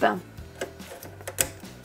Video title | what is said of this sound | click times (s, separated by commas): Réalisez une carte "porte carte-cadeau" avec la Cricut! Fichier SVG gratuit | on entend un clic et en lance | 1.4 s